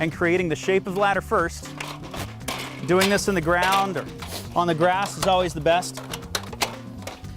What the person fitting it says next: make sure that that hinge is completely seated it's locked into place